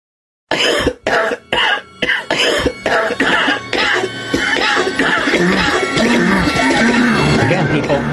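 A run of about eight short, harsh cough or throat-clearing bursts comes in quick succession over the first four seconds, then gives way to a dense, swelling background of music and sound. An acted bout of repeated coughing by an adult in a White House commercial campaign promoting the COVID-19 vaccine.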